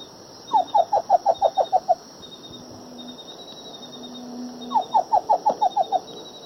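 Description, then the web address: White-lored antpitta song: two fast series of hollow whistled notes. Eastern lowlands of South America. "Natures Songs S America Eastern Lowlands. White-lored Antpitta"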